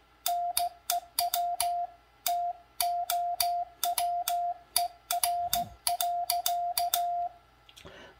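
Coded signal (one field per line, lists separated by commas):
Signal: Morse code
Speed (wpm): 15 wpm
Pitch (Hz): 700 Hz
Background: none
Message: NEW TOWER.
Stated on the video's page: Morse sent on a cootie side-swiper key.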